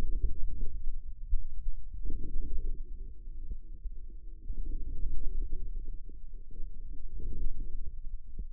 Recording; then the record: forearm muscle sounds (acoustic myography)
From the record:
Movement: inward rotation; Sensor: system 2, bracelet of six BSWA MPA416 microphones around the upper forearm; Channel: 5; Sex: male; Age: 22 years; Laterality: right